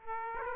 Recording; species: mosquito wingbeat signal from an infrared sensor; Aedes aegypti